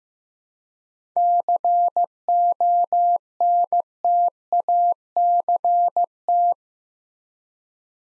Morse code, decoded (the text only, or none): CONTACT